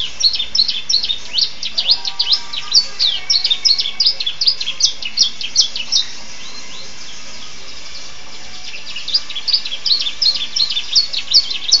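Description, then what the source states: Atlantic canary song: fast, busy bursts of high, sharp chirps and clicks, a pause of about three seconds, then the rapid chattering resumes. Canary singing in the style of the bar-winged prinia ('rasa ciblek').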